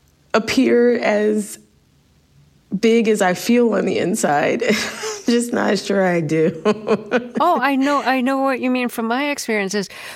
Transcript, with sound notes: appear as big as I feel on the inside. I'm just not sure I do (laughter).
Oh, I know what you mean from my experiences,